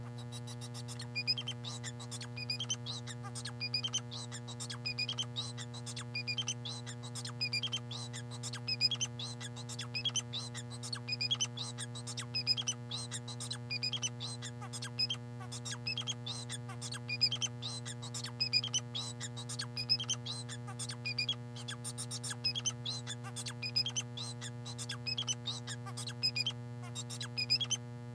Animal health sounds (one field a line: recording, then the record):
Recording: song of a male Bengalese finch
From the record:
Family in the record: son of father 4